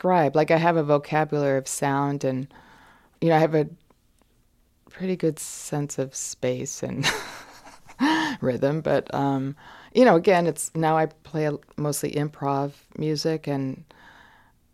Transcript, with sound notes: Like, I have a vocabulary of sound and, you know, I have a pretty good sense of space (laughter) and rhythm. But, you know, again, now I play mostly improv music. And,